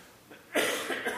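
One sharp, harsh adult cough, then two weaker rasping bursts, from the audience at a chapel service in a quiet room.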